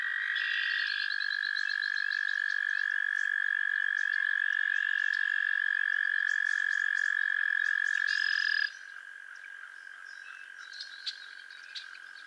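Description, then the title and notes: Frogs trilling in chorus. One long, even, high trill runs for over eight seconds beneath other overlapping trills, then stops abruptly, leaving a quieter background trill and faint chirps. A chorus of frogs calling to one another on a summer evening at Miners Marsh, Annapolis Valley, Nova Scotia. "Theraphonia - Frogsong at Miners Marsh. A chorus of frogs croon to one another on an idyllic summer evening in Miners Marsh, Annapolis Valley, Nova Scotia"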